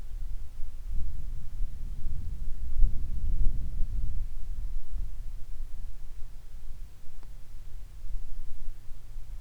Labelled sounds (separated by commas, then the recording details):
songbird, wind
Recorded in the Arctic National Wildlife Refuge, Alaska, on 22 July 2019 at 15:41
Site 41